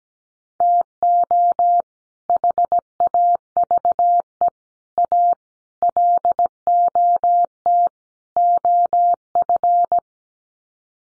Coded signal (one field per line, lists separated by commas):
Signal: Morse code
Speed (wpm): 17 wpm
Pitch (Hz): 700 Hz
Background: none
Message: TO HAVE A LOT OF